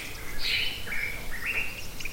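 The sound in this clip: Bird calls: a few high chirped and trilled notes with short slurred whistles, over a steady background rumble.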